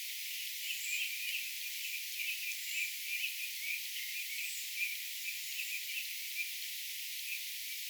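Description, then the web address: Redwing flock chattering with many short, overlapping buzzy notes throughout, plus a few thin, high drawn-out seeps over a steady hiss. Flock of redwings vocalizing, recorded 29 October 2025. "29 10 2025 punakylkirastasparven aantelya"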